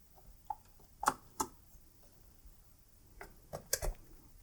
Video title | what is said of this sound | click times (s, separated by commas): Lenovo ThinkStation Tower P320 2007 upgraded to 2023 video computer | if you're starting like that into place and then just make sure that it clicked in here okay | 3.7 s